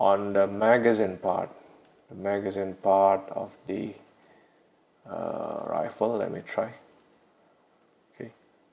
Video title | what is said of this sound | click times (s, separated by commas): Beaver B2Five Acid Rain 2.5" - Agurst Military Moose Laurel LA3b + Bucks Team Bob | um s if okay because no no click there's no click really | none